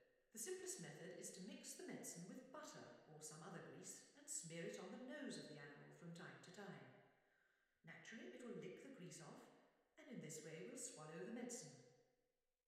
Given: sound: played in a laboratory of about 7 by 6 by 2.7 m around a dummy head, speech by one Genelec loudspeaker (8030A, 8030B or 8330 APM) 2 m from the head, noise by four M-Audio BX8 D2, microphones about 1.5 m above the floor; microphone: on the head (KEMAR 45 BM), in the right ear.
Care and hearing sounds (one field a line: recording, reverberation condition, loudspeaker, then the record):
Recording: female speech in English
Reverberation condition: high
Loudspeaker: 120 degrees to the right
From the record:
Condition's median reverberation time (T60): about 1300 ms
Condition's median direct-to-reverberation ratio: about -4.0 dB